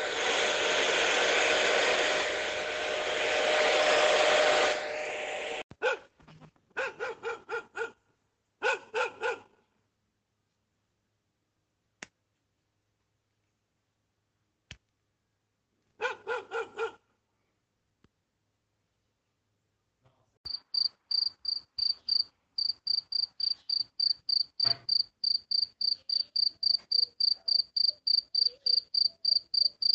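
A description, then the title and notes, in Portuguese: Nature sounds: a dense rushing hiss for five seconds, then scattered rapid clicking bursts, and from twenty seconds a steady, regular high cricket chirping. Sons da natureza.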